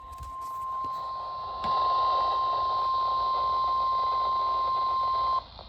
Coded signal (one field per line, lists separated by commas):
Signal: Emergency Alert System (SAME) tones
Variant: 1050 Hz attention tone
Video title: EAS #351 - FFC Severe Thunderstorm Warning for east-central GA including Emanuel County on WWH25